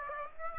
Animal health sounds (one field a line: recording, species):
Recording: mosquito wingbeat signal from an infrared sensor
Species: Aedes aegypti